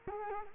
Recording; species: mosquito wingbeat signal from an infrared sensor; Culex quinquefasciatus